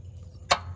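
The latch on the rear access panel of an Exmark Staris 32-inch stand-on mower is lifted until it clicks at 0.5 s, a short, sharp snap over a low steady hum. The click frees the panel so it can be lowered back into place.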